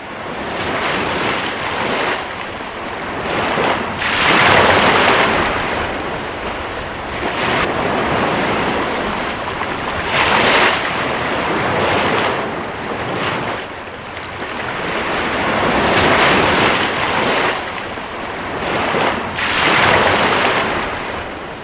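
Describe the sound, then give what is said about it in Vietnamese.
Sea waves break on the shore at Boulogne again and again, each surge swelling into a broad, hissing roar and then easing back, with steady wind noise underneath and no voices. “Matcha chưa được thấy biển bao giờ.”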